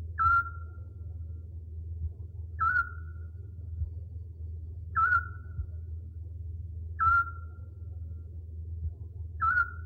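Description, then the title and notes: Owl calls: a short, clear whistled hoot repeated five times about every two and a half seconds over a low steady hum. Compilation of 69 call variants from 11 owl species. "Sovy - Eulen - Owls. 69 variant hlasů - 11 druhů sov"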